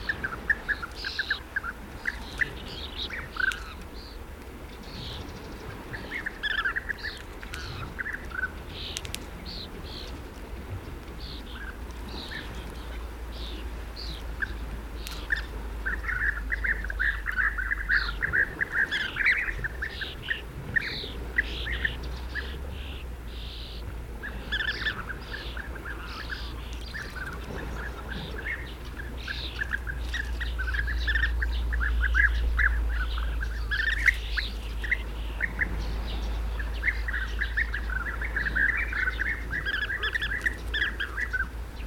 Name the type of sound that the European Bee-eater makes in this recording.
call